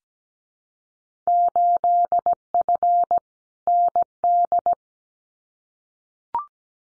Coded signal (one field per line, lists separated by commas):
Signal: Morse code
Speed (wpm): 17 wpm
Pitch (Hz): 700 Hz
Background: none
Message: 8F ND